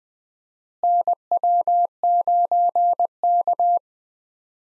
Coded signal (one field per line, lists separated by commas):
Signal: Morse code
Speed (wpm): 20 wpm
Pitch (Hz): 700 Hz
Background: none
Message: NW9K